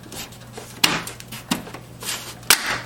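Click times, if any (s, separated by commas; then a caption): 0.8 s, 2.5 s. An unnamed part is pressed into a vintage Windows XP desktop computer case, with faint rubbing and handling noise between two sharp, loud snaps at 0.9 s and 2.5 s. The part snaps firmly into place.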